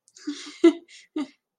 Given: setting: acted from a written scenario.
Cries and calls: vocal sound without words; embarrassment

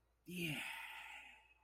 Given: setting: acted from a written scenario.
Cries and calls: vocal sound without words; pride

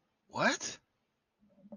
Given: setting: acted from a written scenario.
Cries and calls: vocal sound without words; confusion

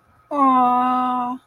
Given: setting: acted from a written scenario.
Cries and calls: vocal sound without words; adoration

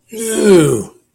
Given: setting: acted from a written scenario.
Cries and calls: vocal sound without words; disgust

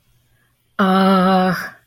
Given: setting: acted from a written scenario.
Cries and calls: vocal sound without words; confusion

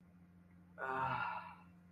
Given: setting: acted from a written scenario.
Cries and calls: vocal sound without words; ecstasy

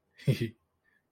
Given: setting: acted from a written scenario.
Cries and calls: vocal sound without words; pride

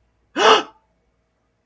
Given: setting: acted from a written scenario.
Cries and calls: vocal sound without words; fear

